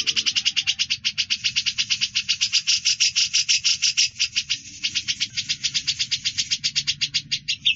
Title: Cucak Jenggot